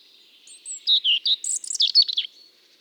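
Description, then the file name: European robin delivering a short, sweet phrase of clear whistled notes followed by a hurried, twittering cascade of very high tones. "Erithacus rubecula"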